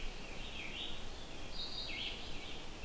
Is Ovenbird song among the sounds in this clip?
no